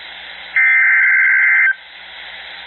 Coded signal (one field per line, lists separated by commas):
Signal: Emergency Alert System (SAME) tones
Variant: header bursts